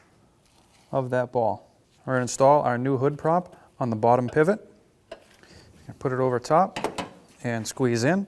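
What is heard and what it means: A new hood lift support's socket end is placed over the bottom pivot ball stud of a 2007-2013 Acura MDX and squeezed in while someone talks. Brief handling sounds and a short sharp tick near 5.1 s sit between the speech. Nothing has seated or clicked yet.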